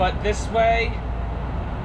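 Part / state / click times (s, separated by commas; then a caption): bug screen into camper window or hatch frame / not seated / none. A bug screen is being pressed into its frame in a window or hatch of an Airstream Basecamp 20X camper, so it will seal all the way around once it snaps in. Someone talks briefly over a steady low rumble and hum. The screen is still being handled, and nothing has seated or clicked yet.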